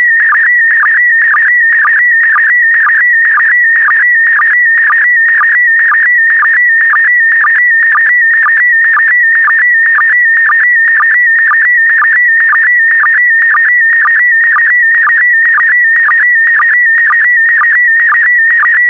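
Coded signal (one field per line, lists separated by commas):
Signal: SSTV (slow-scan television)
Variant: PD120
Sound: warbling whistle around 2 kHz with rhythmic low blips about twice a second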